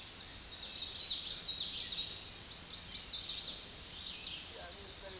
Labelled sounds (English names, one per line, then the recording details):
Common Yellowthroat song
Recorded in a Pennsylvania forest on 16 May 2024 at 07:07
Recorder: AudioMoth, point MSD-2143
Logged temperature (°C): 16.0 °C
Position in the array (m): 51 m, 156 m